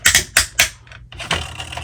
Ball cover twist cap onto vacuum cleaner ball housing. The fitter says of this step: And now, once it tightens up, you want to keep turning until it clicks 3 times.